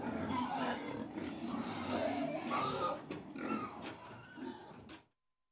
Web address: BBC Sound Effects Library BBC Livestock 1 Approx 100 Pigs Feeding - Middle